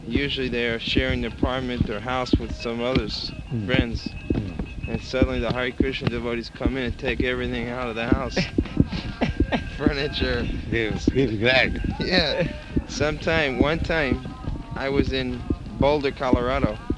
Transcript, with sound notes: Usually they are sharing their apartment or house with some others, friends, and suddenly the Hare Kṛṣṇa devotees come in and take everything out of the house---furniture... [laughs]
They feel glad.
Yes. Sometimes... One time I was in Boulder, Colorado.